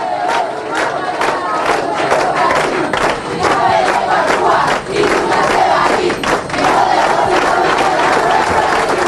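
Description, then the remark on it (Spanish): Passengers of the first train about to leave for Caracas chant slogans about Chávez and the railway loudly in unison, voices rising in steady rhythmic bursts with dense overlapping shouts and no pauses throughout. “Chávez llegó a Cuba y nunca se va a ir, nos dejó su alma en el ferrocarril, es lo que vocean aquí los compañeros que nos acompañan, pasajeros de este primer tren que va a salir ahora hacia Caracas, destino Caracas.”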